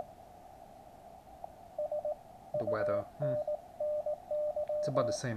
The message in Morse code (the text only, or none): SUNNY